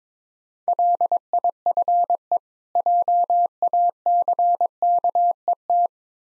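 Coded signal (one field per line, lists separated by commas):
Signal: Morse code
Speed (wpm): 22 wpm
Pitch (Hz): 700 Hz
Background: none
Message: LIFE JACKET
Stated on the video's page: Easy-word Morse practice at 17 wpm with contextual hints.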